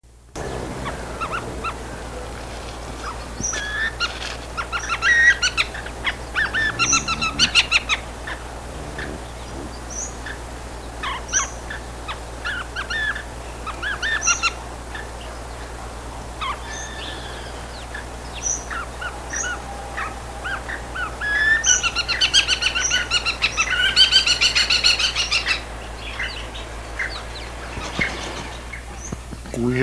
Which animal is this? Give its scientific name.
Guira guira